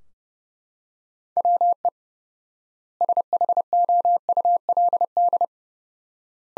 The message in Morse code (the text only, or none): WE SHOULD